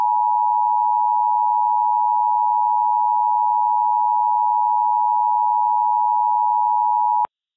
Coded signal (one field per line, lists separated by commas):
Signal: Emergency Alert System (SAME) tones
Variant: 853 and 960 Hz attention tone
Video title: EAS Mock - Taylorville, IL Tornado